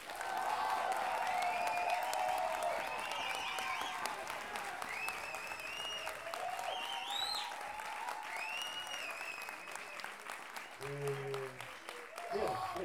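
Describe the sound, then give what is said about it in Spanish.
Sustained applause from a crowd during a radio broadcast on 102.5, given on a count of one, two, three, a dense steady patter of clapping with some cheering voices mixed in, continuing for several seconds before a brief bit of speech near the end. “Porque si no, vamos a tener que aplicar los aplausos de la semana pasada y el estilo rock.”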